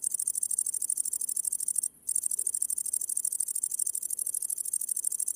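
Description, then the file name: Great green bush-cricket song: a very high, sizzling stream of rapid pulses, with one brief break before resuming. "Grande sauterelle"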